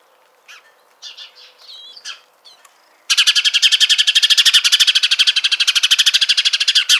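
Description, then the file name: House sparrow call: a few scattered soft chirps, then a loud sustained rapid rattle of repeated harsh notes lasting about four seconds. "Passer domesticus"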